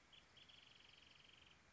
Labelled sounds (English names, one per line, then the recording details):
Wrentit
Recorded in Sonoma County, California